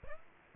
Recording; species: mosquito wingbeat signal from an infrared sensor; Aedes aegypti